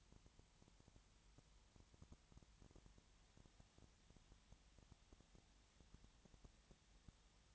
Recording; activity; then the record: daily activity, microphone in the room; no activity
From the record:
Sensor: 3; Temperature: 20.6 degrees Celsius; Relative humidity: 34.7%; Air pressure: 1007.2 hPa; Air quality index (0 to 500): 137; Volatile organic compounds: 3 ppm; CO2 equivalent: 1526 ppm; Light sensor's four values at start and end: 2/3/2/2 and 2/3/2/2